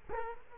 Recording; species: mosquito wingbeat signal from an infrared sensor; Culex quinquefasciatus